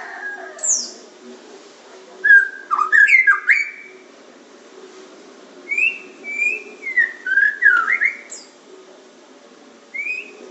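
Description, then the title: Oriental magpie-robin song: clear whistled phrases with falling and rising slurs and short chirps, delivered in bursts separated by pauses, over a low steady hum. "Kicau Kacer"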